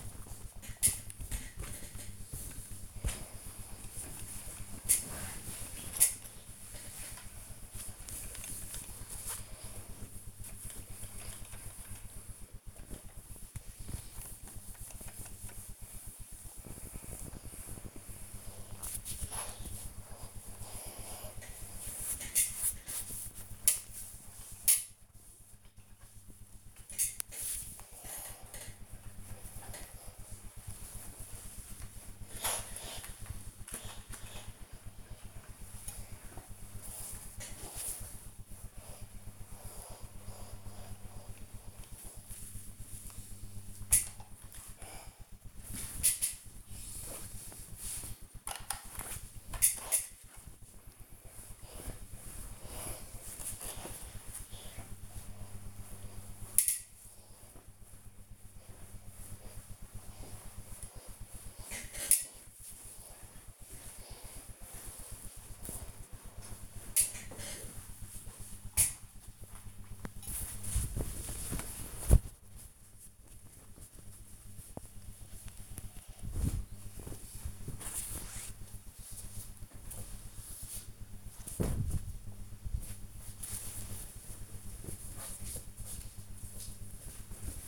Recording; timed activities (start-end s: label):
household activities, microphone on the right wrist
0.00-80.70 s: ironing laundry